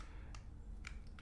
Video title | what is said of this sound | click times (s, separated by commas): 3 Awesome Beard Styles You Can Trim at Home TODAY - Eric Bandholz | and then you just pop into place again we're going long | 0.9 s